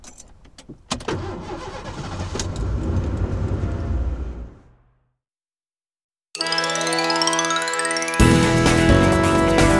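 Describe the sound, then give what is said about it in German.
A new car's engine clicks and cranks to life for a test drive with a steady rumble that fades out. After a short silence it returns, climbing through rising whining tones as the car accelerates away. No speech. “Und Abfahrt.”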